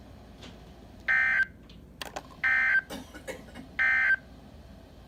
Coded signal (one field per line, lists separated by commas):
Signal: Emergency Alert System (SAME) tones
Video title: Early Alerts of mine (EAS #11-20)